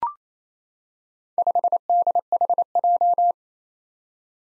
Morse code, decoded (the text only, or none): 5DHJ